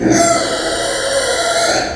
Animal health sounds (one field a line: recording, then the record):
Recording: squeal of a Yucatan mini pig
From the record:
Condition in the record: before surgery on the right vocal fold (resection and tissue-engineered implant)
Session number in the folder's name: 3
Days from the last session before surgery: 0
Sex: female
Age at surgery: 19 weeks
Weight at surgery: 25 kg